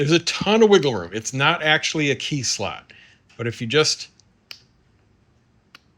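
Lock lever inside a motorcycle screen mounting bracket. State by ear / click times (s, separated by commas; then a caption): seated / 4.5 s. Someone talks, then a key-like tool in the slot of a motorcycle screen's mounting bracket is turned, flipping a small plastic lever inside that locks the mount's release push pin. A small, sharp click is heard at 4.5 seconds as the lever toggles over and seats, followed by a fainter tick at 5.8 seconds.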